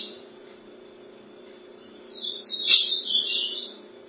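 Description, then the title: Ultramarine grosbeak song: a brief warbled phrase of bright, tumbling whistles rising out of a steady low hum. "Azulao"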